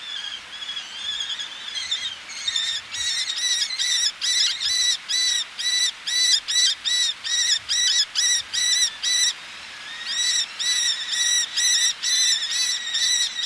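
Eleonora's falcon calling rapidly: overlapping notes at first, then a fast regular series of harsh calls, a short break, and the series resumes.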